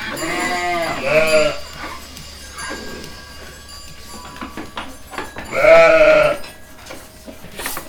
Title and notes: «ordenha (gramaços, oliveira do hospital)». Ovelhas (Ordenha). gravacao de campo num redil de ovelhas, em gramacos, oliveira do hospital, aquando da ordenha diaria a cerca de 30 ovelhas